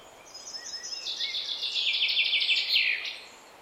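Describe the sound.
Common chaffinch song: a high series of repeated notes that descends into a quick flourish near the end, with a soft background hiss.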